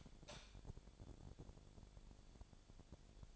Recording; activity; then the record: daily activity, microphone in the room; light on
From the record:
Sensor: 5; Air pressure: 1000.2 hPa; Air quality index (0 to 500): 103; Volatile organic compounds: 1 ppm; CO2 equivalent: 835 ppm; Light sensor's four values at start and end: 208/493/211/233 and 210/500/214/236